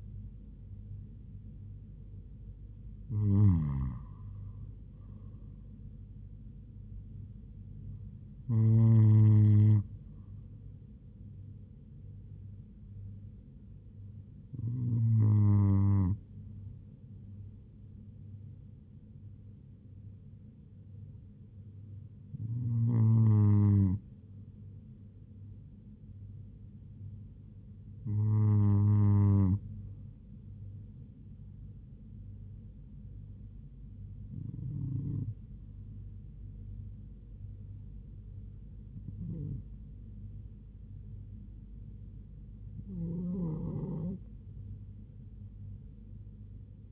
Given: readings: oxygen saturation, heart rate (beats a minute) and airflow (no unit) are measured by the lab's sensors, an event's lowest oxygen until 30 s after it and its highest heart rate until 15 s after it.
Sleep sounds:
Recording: breathing in sleep by a smartphone at the bedside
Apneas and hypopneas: none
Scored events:
none scored
From the record:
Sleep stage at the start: N2 (light sleep)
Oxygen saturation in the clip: 97 to 98%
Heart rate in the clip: 70 to 80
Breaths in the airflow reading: 9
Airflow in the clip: -4.3 to 4.1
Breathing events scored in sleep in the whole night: 158 in 7.3 hours asleep

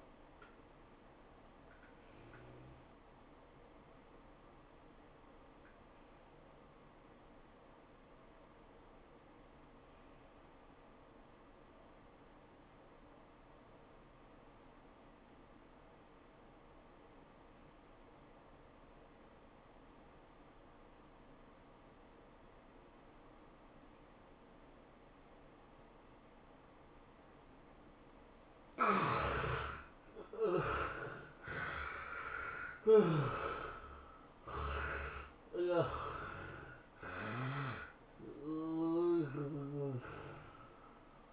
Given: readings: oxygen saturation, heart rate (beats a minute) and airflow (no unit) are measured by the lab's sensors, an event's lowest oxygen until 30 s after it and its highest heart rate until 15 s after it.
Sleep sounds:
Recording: breathing in sleep by a voice recorder at the bedside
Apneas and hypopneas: 1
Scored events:
3.00-29.20 s: hypopnea (N1, oxygen 95% highest, then 68% lowest, heart rate 102 at the start, 108 highest)
From the record:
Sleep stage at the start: N1 (lightest sleep)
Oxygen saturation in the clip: 71 to 95%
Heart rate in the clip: 81 to 108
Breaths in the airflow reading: 5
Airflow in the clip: -19.1 to 14.3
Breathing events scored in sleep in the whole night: 403 in 5.5 hours asleep

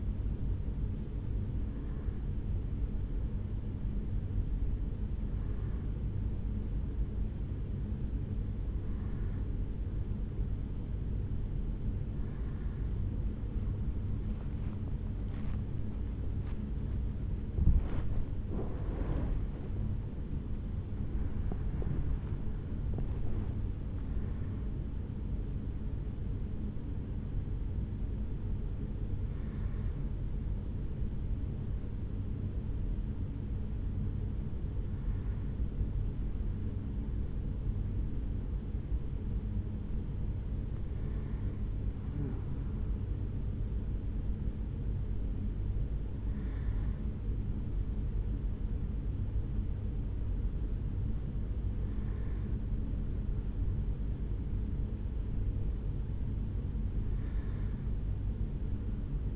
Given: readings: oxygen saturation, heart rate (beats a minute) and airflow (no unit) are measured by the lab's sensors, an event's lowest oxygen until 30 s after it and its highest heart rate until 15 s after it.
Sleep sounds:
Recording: a person awake in a sleep study, by a smartphone at the bedside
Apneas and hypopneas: none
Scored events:
0.00-59.36 s: awake
From the record:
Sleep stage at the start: awake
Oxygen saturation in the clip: 92 to 95%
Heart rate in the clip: 65 to 76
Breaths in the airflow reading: 14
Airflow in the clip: -4.2 to 5.3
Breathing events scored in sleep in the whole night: 449 in 7.0 hours asleep

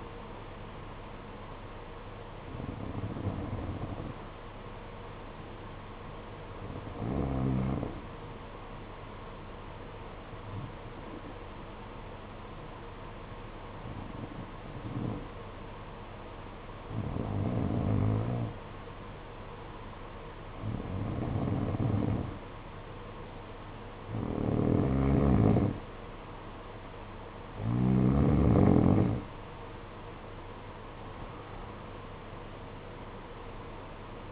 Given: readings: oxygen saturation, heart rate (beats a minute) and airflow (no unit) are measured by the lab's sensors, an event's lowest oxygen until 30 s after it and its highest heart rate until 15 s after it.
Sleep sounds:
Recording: breathing in sleep by a voice recorder at the bedside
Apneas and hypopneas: 1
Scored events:
5.00-21.30 s: hypopnea (N2, oxygen 92% highest, then 89% lowest, heart rate 57 at the start, 62 highest)
From the record:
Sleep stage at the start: N2 (light sleep)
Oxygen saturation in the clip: 89 to 92%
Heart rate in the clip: 56 to 62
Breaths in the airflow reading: 9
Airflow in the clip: -7.4 to 8.6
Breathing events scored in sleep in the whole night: 476 in 9.7 hours asleep

